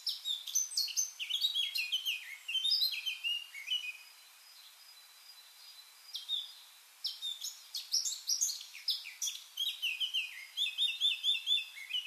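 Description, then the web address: Eurasian blackcap warbling in two bursts of hurried, mixed scratchy and whistled notes, separated by a quiet pause of about two seconds. "SETE data Sylvia atricapilla"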